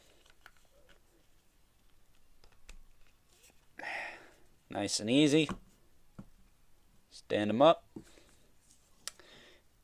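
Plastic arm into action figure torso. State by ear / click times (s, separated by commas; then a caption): seated / 9.1 s. Someone talks while the plastic right arm of a Marvel Legends MCU Thanos build-a-figure toy is pushed onto its shoulder peg in the torso, with soft handling clicks and taps throughout. A sharp, small click at 9.1 s marks the arm seating in its shoulder socket, though the limbs don't stay in very securely.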